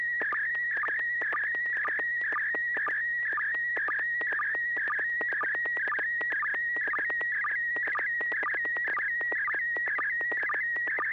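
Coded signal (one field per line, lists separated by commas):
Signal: SSTV (slow-scan television)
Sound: warbling tone around 1.9 kHz with rhythmic low blips about twice a second, plus crackles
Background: low hum, clicks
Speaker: James, if you have a picture, do you want to go first, please?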